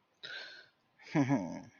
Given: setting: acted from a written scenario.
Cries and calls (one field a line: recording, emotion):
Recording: vocal sound without words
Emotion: contentment